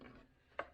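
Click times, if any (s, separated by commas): 0.6 s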